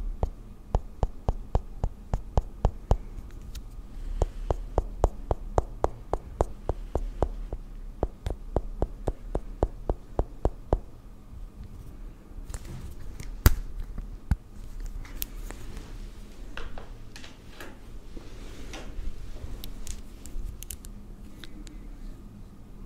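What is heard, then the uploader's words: Makeup being applied, starting with quick, regular taps for about ten seconds, then giving way to softer brushing and scratching strokes with occasional sharp clicks. ASMR First person Makeup On Your Face(No Talking).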